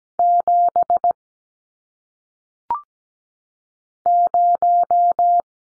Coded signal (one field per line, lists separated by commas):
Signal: Morse code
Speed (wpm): 17 wpm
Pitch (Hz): 700 Hz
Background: none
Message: 7 0